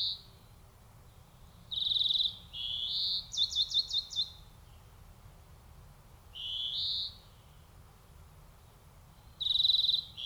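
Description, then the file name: European greenfinch mixing buzzy wheezes with a quick burst of twittering notes, then further wheezes after a pause. "Chloris chloris"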